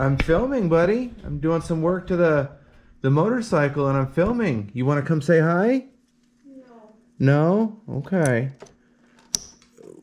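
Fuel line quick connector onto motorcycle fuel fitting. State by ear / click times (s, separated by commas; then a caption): seated / 9.3 s. Someone talks while pushing the expanded fuel line's quick connector onto a fitting on a motorcycle. A loud, sharp snap comes at 9.4 seconds as the connector seats home.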